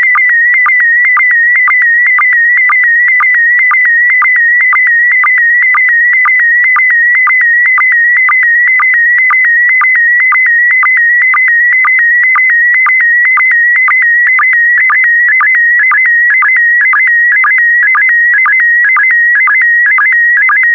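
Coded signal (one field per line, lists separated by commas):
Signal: SSTV (slow-scan television)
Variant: PD120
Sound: continuous warbling tone around 2 kHz with brief low chirps about twice a second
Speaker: complete. You can now check your decoded image against the picture that is shown on the video.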